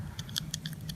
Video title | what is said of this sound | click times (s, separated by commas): Insert & Review - Excerpt from Dr. Wong's '2-Day Introduction to Postural Orthodontics' | press on the plastic listen for the clicks | 0.4 s, 0.5 s, 0.7 s